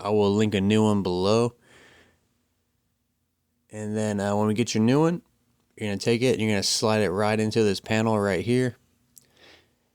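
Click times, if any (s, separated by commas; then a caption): 9.2 s. Someone talks while a new plastic USB/charger port module for a 2021–2025 Toyota Corolla Cross is slid into the center console interior trim panel. A single short click is heard at 9.2 s as the module clips and locks in place, seated.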